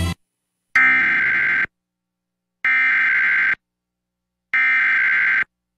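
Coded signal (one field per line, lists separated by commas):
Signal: Emergency Alert System (SAME) tones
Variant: header bursts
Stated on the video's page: Real EAS alerts from Texas, personal captures.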